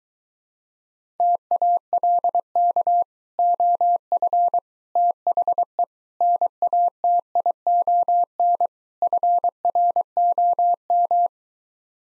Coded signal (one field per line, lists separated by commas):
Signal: Morse code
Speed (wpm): 24 wpm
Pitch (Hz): 700 Hz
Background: none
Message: TALK OF THE NATION FROM